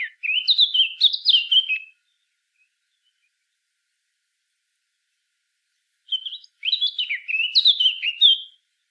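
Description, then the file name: Eurasian blackcap song: two bursts of fast, varied warbling with chattering and fluted notes, separated by about four seconds of silence. "Sylvia atricapilla"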